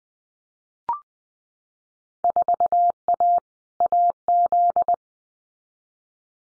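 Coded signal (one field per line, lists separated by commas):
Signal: Morse code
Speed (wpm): 20 wpm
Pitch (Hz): 700 Hz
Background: none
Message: 4A AZ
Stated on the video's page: Simulated Field Day contest exchanges in Morse at 20 wpm for head-copy practice, each sent, spoken, then sent again.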